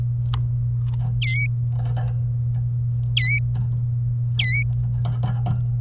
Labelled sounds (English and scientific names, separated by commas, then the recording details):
Domestic Canary (Serinus canaria) song
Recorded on 27 April 2018 at 13:20
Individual llb3